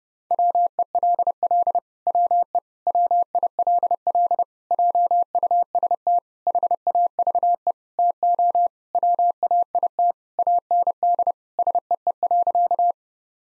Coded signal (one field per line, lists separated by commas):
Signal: Morse code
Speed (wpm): 30 wpm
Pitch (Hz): 700 Hz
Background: none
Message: WELL WE WILL JUST HAVE TO WAIT AND SEE.